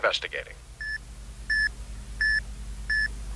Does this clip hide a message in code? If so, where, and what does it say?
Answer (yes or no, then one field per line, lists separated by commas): no